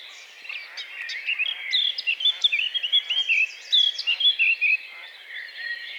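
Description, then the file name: Eurasian blackcap warbling song, a rapid run of varied high chirping and fluting notes, loudest through the middle. "Sylvia atricapilla"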